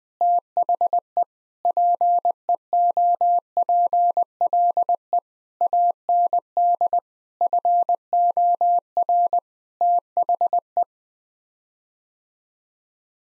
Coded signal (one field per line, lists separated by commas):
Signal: Morse code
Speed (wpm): 21 wpm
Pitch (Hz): 700 Hz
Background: none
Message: THE PEOPLE AND FOR THE